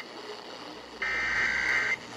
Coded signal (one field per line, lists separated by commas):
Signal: Emergency Alert System (SAME) tones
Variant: header bursts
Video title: Maryland Required Monthly Test (EAS #14-19)